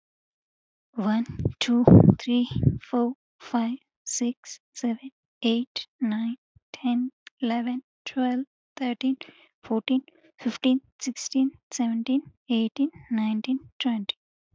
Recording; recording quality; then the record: counting at a normal pace; excellent, no background noise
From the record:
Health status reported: respiratory illness, not identified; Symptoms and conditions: asthma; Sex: female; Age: 27 years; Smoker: not ticked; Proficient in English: yes